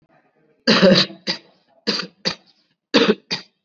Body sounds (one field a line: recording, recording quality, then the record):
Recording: shallow voluntary cough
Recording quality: excellent, no background noise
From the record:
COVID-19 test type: RT-PCR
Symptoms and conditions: fever, muscle pain, another condition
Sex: male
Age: 18 years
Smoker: no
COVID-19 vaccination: both doses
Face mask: worn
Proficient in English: yes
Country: India